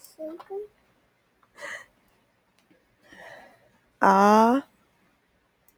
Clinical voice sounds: vowel held as long as possible; female; 20 to 29 years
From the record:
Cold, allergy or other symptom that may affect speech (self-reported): no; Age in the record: 29 years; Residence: Louisiana, United States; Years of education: 12

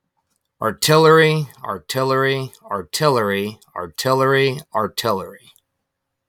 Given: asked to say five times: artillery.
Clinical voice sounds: repeated word; male; 30 to 39 years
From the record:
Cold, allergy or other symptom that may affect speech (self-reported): no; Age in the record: 34 years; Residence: Ohio, United States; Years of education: 15

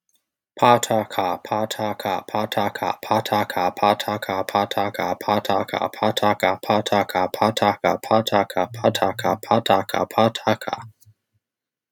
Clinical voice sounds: repeated syllables /pa ta ka/; male; 20 to 29 years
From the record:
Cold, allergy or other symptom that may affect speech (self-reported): no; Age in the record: 28 years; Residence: United States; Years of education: 16

